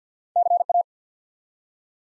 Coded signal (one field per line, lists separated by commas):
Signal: Morse code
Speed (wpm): 50 wpm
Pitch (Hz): 700 Hz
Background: none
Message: CA